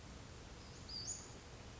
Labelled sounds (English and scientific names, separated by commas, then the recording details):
Western Flycatcher (Empidonax difficilis)
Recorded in Sonoma County, California